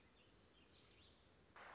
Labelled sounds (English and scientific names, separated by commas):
Warbling Vireo (Vireo gilvus)